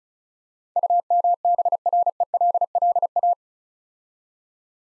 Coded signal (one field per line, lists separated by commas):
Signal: Morse code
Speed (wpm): 36 wpm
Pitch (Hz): 700 Hz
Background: none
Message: UMBRELLA